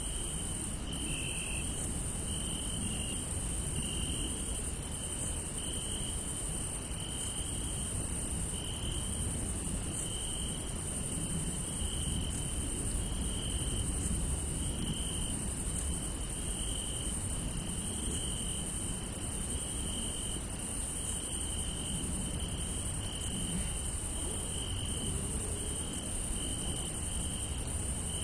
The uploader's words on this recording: The calming sounds of crickets on a field by night.